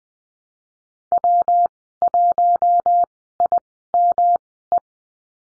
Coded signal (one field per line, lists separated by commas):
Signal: Morse code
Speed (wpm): 20 wpm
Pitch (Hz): 700 Hz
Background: none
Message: W1IME